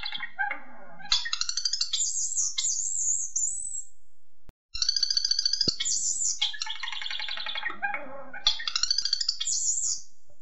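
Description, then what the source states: Common starling song in two long bursts of high wheezing whistles, buzzy rattles and chattering notes, separated by a brief silent gap. Song variations.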